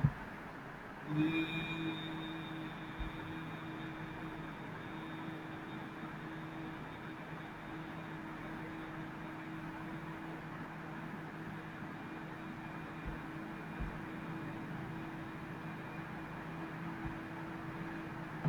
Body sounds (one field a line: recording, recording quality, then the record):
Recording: sustained vowel as in beet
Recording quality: moderate, slight background noise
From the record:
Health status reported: healthy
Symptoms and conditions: none ticked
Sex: male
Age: 25 years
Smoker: not ticked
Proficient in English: yes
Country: India